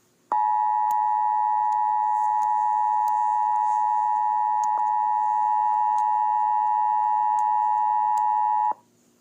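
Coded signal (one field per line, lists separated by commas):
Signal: Emergency Alert System (SAME) tones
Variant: 853 and 960 Hz attention tone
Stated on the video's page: Tornado Warning EAS alert in a stop-motion animation made on an iPhone or iPad.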